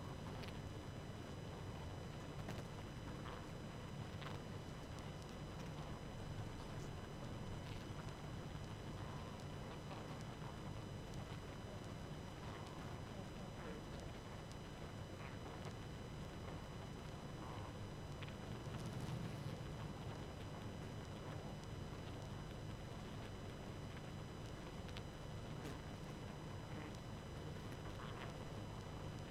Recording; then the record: honeybee colony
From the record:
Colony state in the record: active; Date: 12 June 2018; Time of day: 23:52